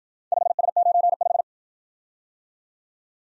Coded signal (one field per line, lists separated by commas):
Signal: Morse code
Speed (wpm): 56 wpm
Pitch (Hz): 700 Hz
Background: none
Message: 5S95